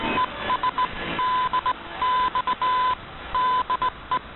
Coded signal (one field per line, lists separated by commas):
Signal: Morse code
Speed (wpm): 19 wpm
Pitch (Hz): 1010 Hz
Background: none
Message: ES DX DE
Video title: Radio Havana Cuba DXers Unlimited May 26 2019 on 15140Khz Shortwave Radio R8600